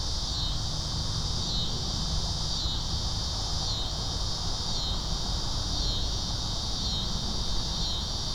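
Cicadas giving a steady high buzz with gentle regular pulses, set against strong low rumbling noise.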